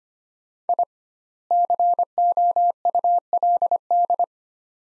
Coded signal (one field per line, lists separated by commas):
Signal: Morse code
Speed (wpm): 25 wpm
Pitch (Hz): 700 Hz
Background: none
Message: I COULD